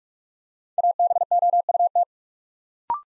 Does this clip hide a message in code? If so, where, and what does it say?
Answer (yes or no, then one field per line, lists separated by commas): yes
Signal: Morse code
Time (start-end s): 0.8-2.0 s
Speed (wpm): 44 wpm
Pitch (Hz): 700 Hz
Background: none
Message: ABOUT